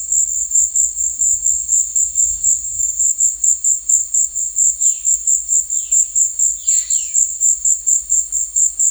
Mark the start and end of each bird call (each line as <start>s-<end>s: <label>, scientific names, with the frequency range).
4.76s-7.20s: Cyanocorax violaceus (1.1-4.9 kHz)